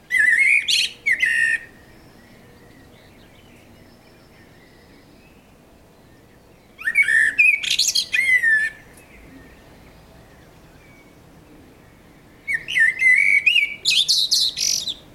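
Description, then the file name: Common blackbird singing three separate phrases, each a short mellow whistle followed by a squeaky, chattering high flourish, with several seconds of quiet between them. "Turdus merula"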